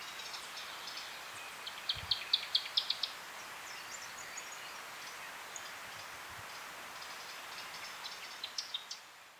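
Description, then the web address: Newtonia giving a rapid burst of high, clipped notes, then scattered softer chips and a short final flurry, with constant hissing background noise. "sound Newtonia. صدای-پرنده-نوآوا"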